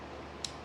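A metal jaw on a crimping tool is released by pressing the quick-change button and pops out of the frame. A single short, sharp click at 0.4 s stands out over a steady low background hum, and the jaw comes free.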